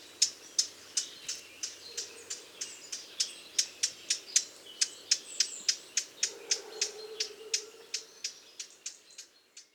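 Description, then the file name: Eurasian blackcap calling in a fast, steady series of sharp dry ticks, several each second, over faint high twittering from other birds. "Sylvia atricapilla"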